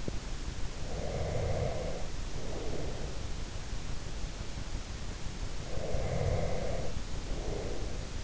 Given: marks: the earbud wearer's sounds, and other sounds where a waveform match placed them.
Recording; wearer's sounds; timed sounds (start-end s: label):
sounds in sleep by an in-ear microphone; teeth grinding, breath
0.05-0.16 s: teeth grinding
0.86-3.41 s: breath
5.66-8.24 s: teeth grinding